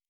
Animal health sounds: hydrophone in a shrimp aquaculture tank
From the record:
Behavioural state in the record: normal

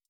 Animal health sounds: hydrophone in a shrimp aquaculture tank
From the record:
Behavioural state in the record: stressed

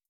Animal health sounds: hydrophone in a shrimp aquaculture tank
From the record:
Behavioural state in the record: starved

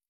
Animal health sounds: hydrophone in a shrimp aquaculture tank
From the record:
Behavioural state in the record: stressed

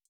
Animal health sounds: hydrophone in a shrimp aquaculture tank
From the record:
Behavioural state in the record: feeding

